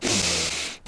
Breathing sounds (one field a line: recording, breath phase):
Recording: one breath near a microphone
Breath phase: inhalation